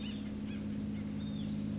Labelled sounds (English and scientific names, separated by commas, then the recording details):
Acorn Woodpecker (Melanerpes formicivorus)
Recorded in Sonoma County, California